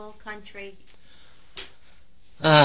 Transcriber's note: he sighs